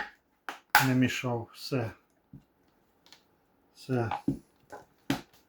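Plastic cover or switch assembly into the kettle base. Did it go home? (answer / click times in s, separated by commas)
yes / 5.1 s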